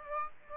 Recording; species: mosquito wingbeat signal from an infrared sensor; Aedes aegypti